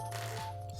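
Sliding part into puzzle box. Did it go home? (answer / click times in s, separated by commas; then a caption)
no / none. A part of a puzzle box is pulled out slightly and slid back toward its place. Only soft handling sounds are heard over a steady tonal background hum. Nothing has seated or clicked yet.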